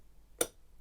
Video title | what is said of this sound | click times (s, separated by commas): Old Chubb brought back to life | hear it click lock it off put a pick in a pokey but you'll get eventually | 0.4 s